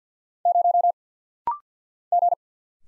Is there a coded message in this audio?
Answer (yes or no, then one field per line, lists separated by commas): yes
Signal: Morse code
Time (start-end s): 0.5-2.3 s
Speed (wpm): 50 wpm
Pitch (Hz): 700 Hz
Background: none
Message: 0 G